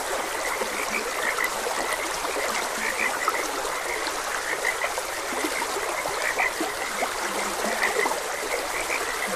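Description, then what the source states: Frogs give steady, repeated short croaks beneath a constant wash of running stream water. Frogs croaking beside a gentle stream.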